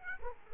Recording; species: mosquito wingbeat signal from an infrared sensor; Aedes aegypti